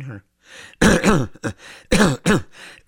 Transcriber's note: he clears his throat